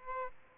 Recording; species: mosquito wingbeat signal from an infrared sensor; Aedes albopictus